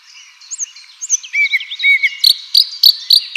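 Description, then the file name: Common nightingale singing: thin whistles and varied phrases, then a run of four loud, sharp notes near the end. "Luscinia megarhynchos"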